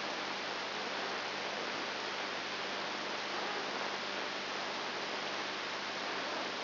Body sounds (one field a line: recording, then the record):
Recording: brain microelectrode recording played as sound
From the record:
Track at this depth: inside the subthalamic nucleus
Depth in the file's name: 2.503 mm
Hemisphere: left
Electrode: 3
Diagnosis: Parkinson's disease